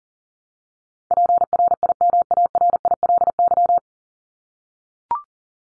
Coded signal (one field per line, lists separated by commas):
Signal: Morse code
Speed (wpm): 40 wpm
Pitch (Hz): 700 Hz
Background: none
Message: PRIMARILY